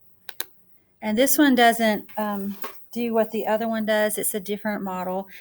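A different model of plastic trainer auto-injector pen is pressed and held against the thigh, giving two sharp clicks at 0.3 s and 0.4 s. It activates, and the clicks show it is working. Someone then talks.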